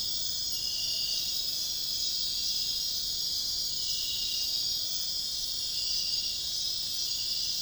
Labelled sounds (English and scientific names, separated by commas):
none